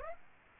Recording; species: mosquito wingbeat signal from an infrared sensor; Aedes aegypti